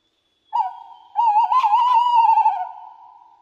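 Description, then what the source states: Tawny owl giving a tremulous hoot: a brief opening note, then a long, rapidly wavering low hoot that fades away. Breeding bird.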